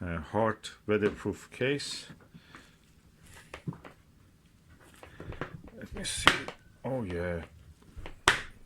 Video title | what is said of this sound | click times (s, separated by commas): Eyepiece Hard Case For 70 To 72 Degrees Pentax XW And TeleVue Delos Eyepieces | with a nice click closes | 8.3 s